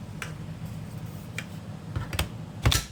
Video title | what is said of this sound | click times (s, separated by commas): Eufy S11 Cordless Vacuum - Unboxing Video | clicks into place and | 2.7 s